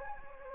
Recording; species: mosquito wingbeat signal from an infrared sensor; Anopheles gambiae